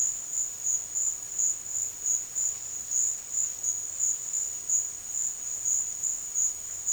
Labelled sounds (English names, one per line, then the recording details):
none
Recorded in dense forest near Puerto Asís, Putumayo, Colombia, on 13 March 2025 at 13:00
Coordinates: 0.481, -76.323
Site G088